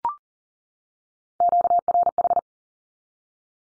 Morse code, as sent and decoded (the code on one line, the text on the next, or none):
--.- .-. ....
QRH